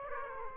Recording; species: mosquito wingbeat signal from an infrared sensor; Aedes aegypti